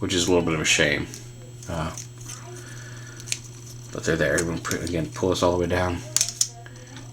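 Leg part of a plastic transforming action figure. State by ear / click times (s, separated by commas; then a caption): seated / 6.4 s. Someone talks while pulling the leg part of a plastic ROTF Scout Class Skystalker transforming action figure all the way down, with small handling clicks along the way. A sharp snap at 6.4 s marks the leg joint locking into place.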